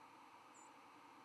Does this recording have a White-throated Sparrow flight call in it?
yes